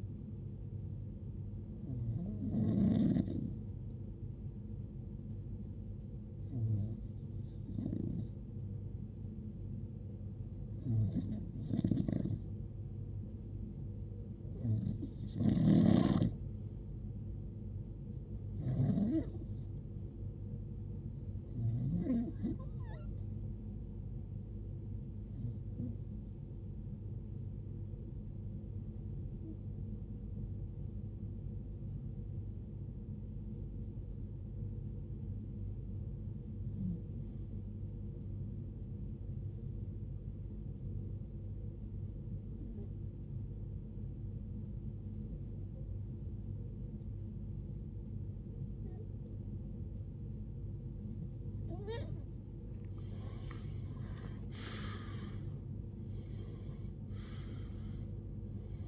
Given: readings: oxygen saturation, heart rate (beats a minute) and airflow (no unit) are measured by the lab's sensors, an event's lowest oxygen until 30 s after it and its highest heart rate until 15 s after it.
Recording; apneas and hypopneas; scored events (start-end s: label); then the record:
breathing in sleep by a smartphone at the bedside; 1
12.00-58.88 s: new sleep stage, REM sleep
24.00-52.90 s: hypopnea (REM, oxygen 93% highest, then 91% lowest, heart rate 69 at the start, 80 highest)
From the record:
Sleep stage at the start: N1 (lightest sleep); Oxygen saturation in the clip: 91 to 93%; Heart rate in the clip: 53 to 79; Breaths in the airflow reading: 16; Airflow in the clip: -18.8 to 15.0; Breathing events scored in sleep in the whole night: 389 in 6.3 hours asleep